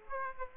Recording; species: mosquito wingbeat signal from an infrared sensor; Aedes aegypti